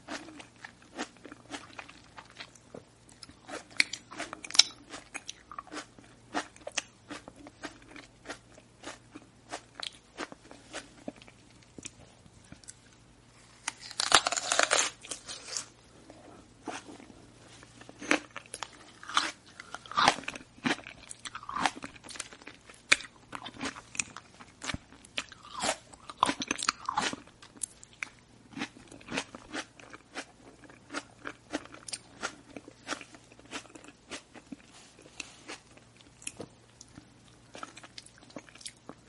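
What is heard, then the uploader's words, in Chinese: Wet chewing and crunching fills the clip, with quick irregular bites and smacking sounds coming in dense bursts throughout. A louder, longer crunch lands around 14 seconds. A faint low hum sits steadily underneath. 吃嚼咽东西的音声。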